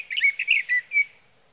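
Sage thrasher giving a short burst of song, several quick warbled notes ending in a clear whistled note.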